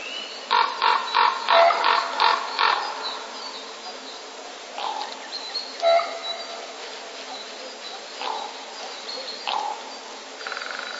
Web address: wroblowe ptaki krucze gody. wroblowe ptaki kruk